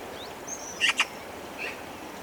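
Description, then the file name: Eurasian magpie uttering a quick pair of rasping notes, with faint thin whistles from other birds. "Pica pica"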